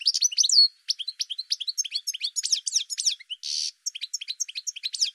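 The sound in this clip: Bird song, a rapid chain of high sweeping chirps with one short buzzy burst and only brief gaps.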